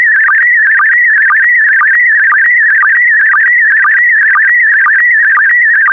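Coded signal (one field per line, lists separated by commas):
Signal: SSTV (slow-scan television)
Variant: PD120 mode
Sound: warbling, rapidly shifting whistle with a steady rhythmic low blip about twice a second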